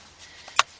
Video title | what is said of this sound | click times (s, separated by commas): Volkswagen Beetle Golf Jetta Fuel Pump Replacement 1998-2005 | plug that up till it clicks | 0.6 s